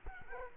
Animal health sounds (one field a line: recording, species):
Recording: mosquito wingbeat signal from an infrared sensor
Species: Culex quinquefasciatus